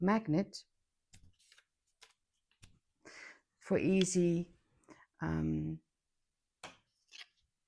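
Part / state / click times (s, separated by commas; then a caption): magnetic sock clip halves joining together / seated / 6.6 s. Someone talks while closing a small sock-drying clip whose two halves are held together by a magnet. One sharp snap is heard at 6.6 s as the halves join and the clip snaps into place.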